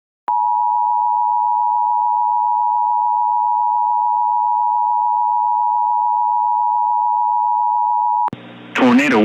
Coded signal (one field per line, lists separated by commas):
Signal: Emergency Alert System (SAME) tones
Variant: 853 and 960 Hz attention tone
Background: speech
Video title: EAS Reenactment Mock: Tornado Warnings in Hawaii [v3] - 03/17/2020